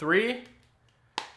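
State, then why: Seated. Someone talks briefly, then the next corner of a Ryan London leather and metal shell case is pressed onto an iPhone 16 Pro Max. A sharp, bright click lands at 1.2 s as the corner snaps on and seats.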